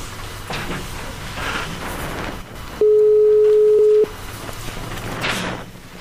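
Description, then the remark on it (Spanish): A single steady electronic telephone ringing tone, a flat mid-pitched buzz, sounds for just over a second as the show Saturnalia places a telephone call to a caller, standing out loudly against low, murmuring background noise before and after. “¿Skype o teléfono? No, teléfono.”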